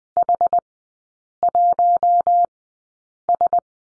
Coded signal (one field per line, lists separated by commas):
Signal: Morse code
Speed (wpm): 20 wpm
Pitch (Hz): 700 Hz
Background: none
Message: H1S